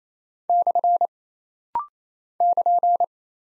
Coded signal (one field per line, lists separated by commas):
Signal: Morse code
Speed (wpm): 27 wpm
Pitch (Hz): 700 Hz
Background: none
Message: / <KN>